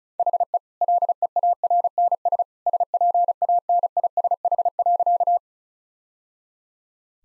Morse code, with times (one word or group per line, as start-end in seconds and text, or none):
0.2-0.6 HE
0.8-2.4 LEARNS
2.7-5.4 SPANISH.